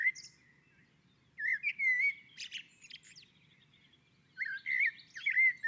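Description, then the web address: Common blackbird song with warbled flute-like whistles and high scratchy twitters, two phrases separated by a short pause. On a roof. "Naturinspelningar Koltrast på taket"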